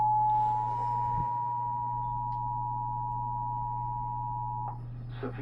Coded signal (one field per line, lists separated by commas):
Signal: Emergency Alert System (SAME) tones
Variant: 853 and 960 Hz attention tone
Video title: Eas sva expansion Eas#987- 988)